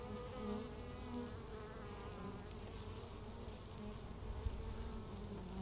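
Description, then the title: Honey bees buzzing in a steady hive drone, a low layered hum. Bees inside a beehive, recorded in Laren, Gelderland, Netherlands, on July 17, 2015; not a binaural recording. "Beehive. Bijenkorf (Laren Gld., July 17th 2015)"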